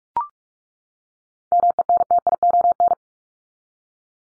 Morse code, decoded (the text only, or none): MENTION